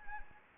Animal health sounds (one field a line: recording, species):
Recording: mosquito wingbeat signal from an infrared sensor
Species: Anopheles gambiae